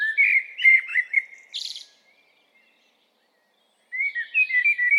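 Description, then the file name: Common blackbird song: a rich, warbling phrase with a sharp high squeak at the end, a brief silence, then another fluty phrase starts. "Turdus merula"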